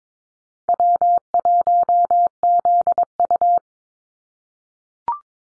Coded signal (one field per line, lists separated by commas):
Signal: Morse code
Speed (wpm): 22 wpm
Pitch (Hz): 700 Hz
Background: none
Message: W1ZU